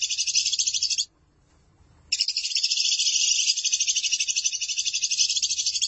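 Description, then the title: Lovebird chattering song: a fast, buzzy, pulsing high trill that breaks off for about a second, then resumes and runs steadily to the end. "BM Suara Burung Lovebird"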